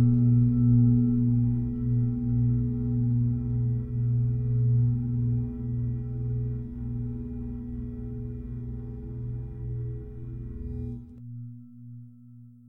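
Tibetan singing bowls resonate with a deep, sustained hum and a steady higher ring above it, the tone pulsing in slow, even waves. Around eleven seconds the rich layered sound drops away, leaving a softer, pure low tone that keeps wavering as it fades.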